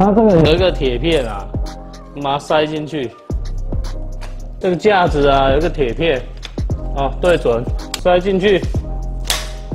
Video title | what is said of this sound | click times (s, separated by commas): 110年重大事件，二寶出生啦！！！ ｜ 張羅新生兒忙手忙腳 嬰兒床邊床開箱 | 这个卡榫，它咔一声就沉了。 | 9.3 s